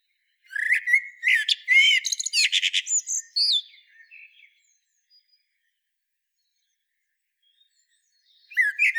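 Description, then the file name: Common blackbird giving a four-second phrase of fluty whistles and rapid twittering, a long pause, then the start of another phrase at the end. "Turdus merula"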